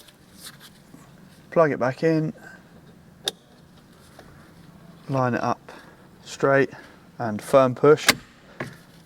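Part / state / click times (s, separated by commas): driver airbag module into steering wheel / seated / 8.6 s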